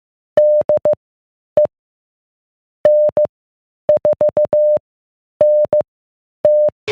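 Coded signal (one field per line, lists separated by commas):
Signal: Morse code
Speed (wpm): 15 wpm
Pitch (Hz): 600 Hz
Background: none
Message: DE N4NT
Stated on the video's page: Weekly amateur radio net on the 443.000 repeater.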